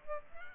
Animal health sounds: mosquito wingbeat signal from an infrared sensor; Aedes albopictus

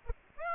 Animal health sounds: mosquito wingbeat signal from an infrared sensor; Aedes aegypti

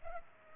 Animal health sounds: mosquito wingbeat signal from an infrared sensor; Culex pipiens

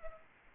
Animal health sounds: mosquito wingbeat signal from an infrared sensor; Aedes aegypti

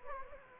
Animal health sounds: mosquito wingbeat signal from an infrared sensor; Anopheles gambiae

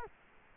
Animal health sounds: mosquito wingbeat signal from an infrared sensor; Culex quinquefasciatus

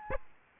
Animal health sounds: mosquito wingbeat signal from an infrared sensor; Aedes aegypti

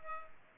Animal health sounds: mosquito wingbeat signal from an infrared sensor; Culex pipiens

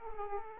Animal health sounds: mosquito wingbeat signal from an infrared sensor; Aedes aegypti

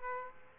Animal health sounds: mosquito wingbeat signal from an infrared sensor; Aedes aegypti

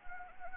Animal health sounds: mosquito wingbeat signal from an infrared sensor; Anopheles arabiensis

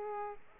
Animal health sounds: mosquito wingbeat signal from an infrared sensor; Aedes aegypti

